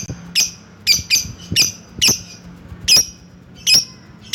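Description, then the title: Lovebird calls: sharp, shrill high squeaks repeated irregularly, with a faint low hum underneath. Lovebird calling to a rival. "Lovebird Memanggil Lawan"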